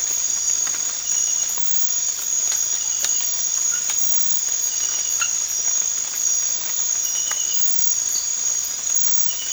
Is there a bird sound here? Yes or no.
no